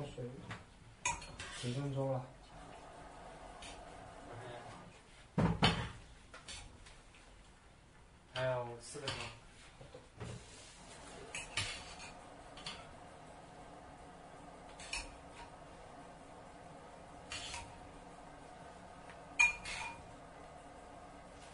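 Dishes being washed: plates, pots and cutlery clink and clatter in irregular bursts, with a heavy thump near 5.5 seconds and busier handling around 1–2 and 8–11 seconds. Sharp single clinks follow later over a steady low hum.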